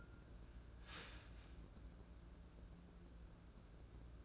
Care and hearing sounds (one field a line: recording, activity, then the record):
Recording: daily activity, microphone in the room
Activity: start toaster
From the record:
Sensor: 2